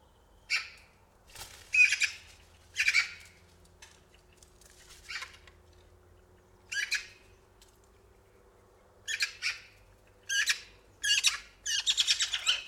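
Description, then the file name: Eurasian magpie giving harsh, rasping chatter bursts in irregular runs, with a rapid cluster of scratchy notes near the end. "Pica pica"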